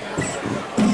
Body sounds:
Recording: coughing mixed with background sound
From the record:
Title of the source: Mid-morning Winter Coughing Fit

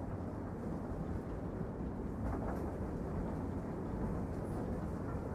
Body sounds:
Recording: background sound without coughing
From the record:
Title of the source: Train Ride Ambience ambient white noise for sleeping, focus, studying, reading

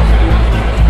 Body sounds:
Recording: background sound without coughing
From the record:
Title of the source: Party Noise 1 Hour Party Ambience

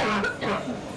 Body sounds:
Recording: coughing mixed with background sound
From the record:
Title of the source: Barking cough - # 10

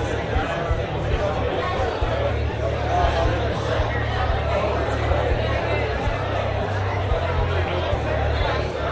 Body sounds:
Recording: background sound without coughing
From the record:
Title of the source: CITY SOUNDS Busy Bar in the Evening Night - 2 HOURS of Ambiance for Relaxation

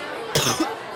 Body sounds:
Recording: coughing mixed with background sound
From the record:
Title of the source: Wet coughing

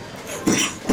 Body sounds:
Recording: coughing mixed with background sound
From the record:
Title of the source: Spring Cold Coughing 3

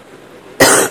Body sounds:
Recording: coughing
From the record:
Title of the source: 34 coughing up crap again

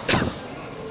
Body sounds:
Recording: coughing mixed with background sound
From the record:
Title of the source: November cold (wet coughing)

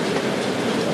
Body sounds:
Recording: background sound without coughing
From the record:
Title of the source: Office Sounds Ambience - Background Noise for Study and Work

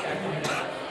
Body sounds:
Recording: coughing mixed with background sound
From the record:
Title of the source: 64 coughing, allergies, singing lungs

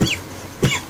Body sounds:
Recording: coughing mixed with background sound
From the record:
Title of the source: Dry Coughing Fit in the Afternoon.

